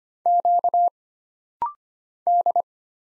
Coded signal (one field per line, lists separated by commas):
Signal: Morse code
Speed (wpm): 25 wpm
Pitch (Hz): 700 Hz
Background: none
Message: Q D